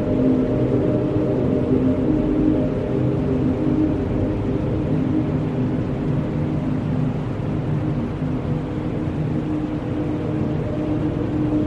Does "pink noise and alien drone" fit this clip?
yes